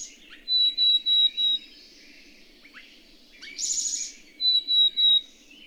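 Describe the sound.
Bird song: four bright high whistled notes in a row, a pause, a harsh buzzy burst, then three more whistled notes.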